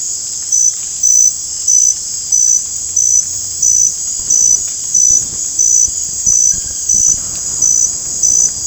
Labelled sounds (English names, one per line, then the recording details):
none
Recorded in dense forest near Puerto Asís, Putumayo, Colombia, on 22 December 2024 at 19:00
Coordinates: 0.481, -76.323
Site G100